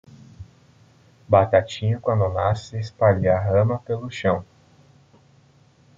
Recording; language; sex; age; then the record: short text; Brazilian Portuguese; male; 20 to 29 years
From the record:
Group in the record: control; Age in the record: 23 years